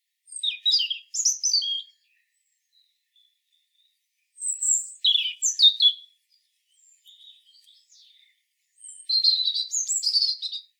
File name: Erithacus rubecula